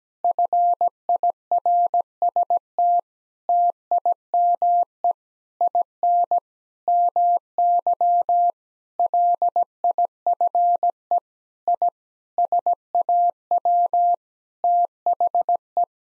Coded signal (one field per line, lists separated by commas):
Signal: Morse code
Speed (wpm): 17 wpm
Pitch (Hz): 700 Hz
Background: none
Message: FIRST TIME IN MY LIFE I SAW THE